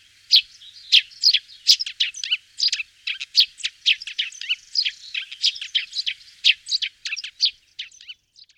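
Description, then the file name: Eurasian tree sparrow chirping almost nonstop, a dense stream of rapid, harsh, overlapping chirps and squeaks with hardly any pause, fading out near the end. "passer montanus"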